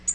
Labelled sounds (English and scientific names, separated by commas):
Tennessee Warbler (Leiothlypis peregrina) flight call